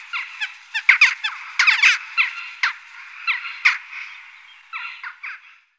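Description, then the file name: Western jackdaw giving short, sharp, clipped 'chak' calls in irregular bursts, some notes doubled, with brief gaps between groups throughout. "grajilla"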